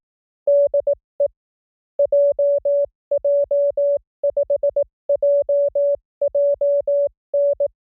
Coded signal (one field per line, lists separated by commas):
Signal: Morse code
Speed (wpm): 18 wpm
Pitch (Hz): 570 Hz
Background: music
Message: DE JJ5JJN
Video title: Morse CW Training JP Random Callsign Speed from 15 to 25 WPM 300 Calls Sampling Rate 44100